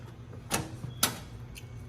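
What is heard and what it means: A graphics card is pushed into a motherboard's PCIe x16 slot and seats when the slot latch clicks at 1.0 s. A softer knock comes at 0.5 s and a faint tick at 1.6 s, over a low steady hum.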